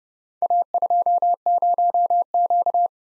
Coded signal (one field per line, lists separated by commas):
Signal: Morse code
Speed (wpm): 28 wpm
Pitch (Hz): 700 Hz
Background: none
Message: A20Q